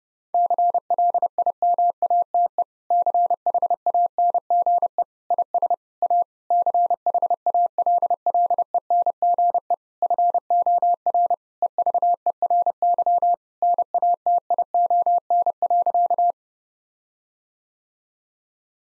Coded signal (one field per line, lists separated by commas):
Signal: Morse code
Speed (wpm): 30 wpm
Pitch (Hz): 700 Hz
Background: none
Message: CLIMATE CHANGE IS A CHALLENGE FOR EVERY NATION.